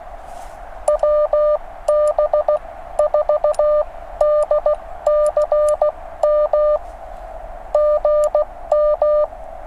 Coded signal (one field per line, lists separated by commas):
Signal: Morse code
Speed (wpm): 16 wpm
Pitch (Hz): 600 Hz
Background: none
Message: WB4DCM GM